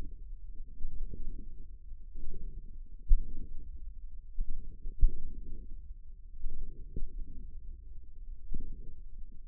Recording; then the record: forearm muscle sounds (acoustic myography)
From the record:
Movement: wrist extension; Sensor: system 1, eight BSWA MPA416 microphones around the upper forearm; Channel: 8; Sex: male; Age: 54 years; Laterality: right